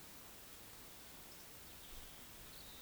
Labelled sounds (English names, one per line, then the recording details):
Eurasian Woodcock whistle
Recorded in Baden-Württemberg, Germany, on 31 May 2021 at 19:56 UTC
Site 20675, 466 m above sea level